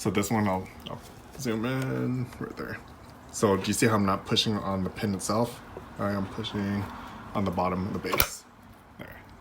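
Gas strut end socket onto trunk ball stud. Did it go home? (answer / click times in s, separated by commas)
yes / 9.0 s, 9.1 s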